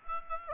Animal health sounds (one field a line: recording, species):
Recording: mosquito wingbeat signal from an infrared sensor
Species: Aedes aegypti